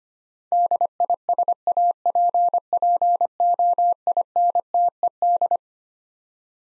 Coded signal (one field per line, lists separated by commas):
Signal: Morse code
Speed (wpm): 25 wpm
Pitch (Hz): 700 Hz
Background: none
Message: DISAPPOINTED